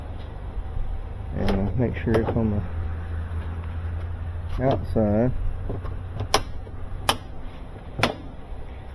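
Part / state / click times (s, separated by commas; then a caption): plastic part snapping onto the washer's rim during reassembly / seated / 6.3 s, 7.1 s, 8.0 s. A plastic part on a Whirlpool washing machine is worked around its rim from the outside and pressed in during reassembly while someone talks. Three sharp snaps ring out at 6.3, 7.1 and 8.0 seconds as the part snaps into place all the way around the rim and is seated.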